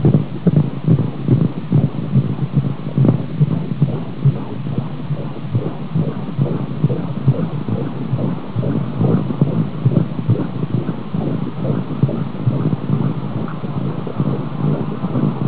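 Rapid whooshing Doppler pulses at about 136 a minute: a fetal heartbeat at twelve weeks of pregnancy.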